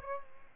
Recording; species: mosquito wingbeat signal from an infrared sensor; Aedes albopictus